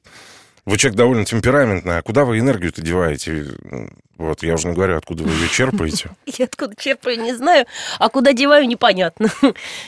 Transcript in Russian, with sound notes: вы человек довольно темпераментный. А куда вы энергию-то деваете? Я уж не говорю, откуда вы ее черпаете. (Смеются.)
— Я откуда черпаю, не знаю. А куда деваю, непонятно.